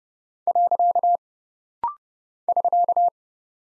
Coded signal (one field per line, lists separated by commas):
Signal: Morse code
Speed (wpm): 30 wpm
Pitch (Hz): 700 Hz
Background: none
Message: . <SK>